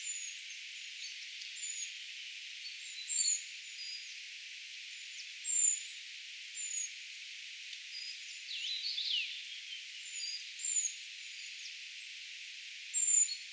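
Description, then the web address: Eurasian treecreeper calls: scattered very high thin notes, with other brief chirps and scratchy sounds mixed in over a hissy background. Calls of a brood of young, recorded 4 June 2025; identification tentative. "paivat 4 6 2025 tietaakseni puukiipijapesueen aantelya"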